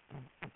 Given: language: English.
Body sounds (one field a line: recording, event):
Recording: throat vibration sensor signal played as sound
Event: throat clearing